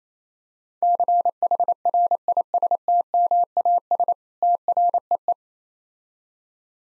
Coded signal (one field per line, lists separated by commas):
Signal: Morse code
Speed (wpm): 28 wpm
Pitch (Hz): 700 Hz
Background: none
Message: CHRISTMAS TREE